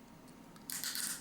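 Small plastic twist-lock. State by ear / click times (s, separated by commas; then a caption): seated / 0.7 s. After swapping the skin on a Hyper Cluster yo-yo from its starter set, the yo-yo skin and half are twisted back into the yo-yo body. A faint tick at 0.6 s is followed by a sharp click at 0.7 s, then bright rattling handling noise continues to the end. The half is seated, and the yo-yo is back together and ready to use again.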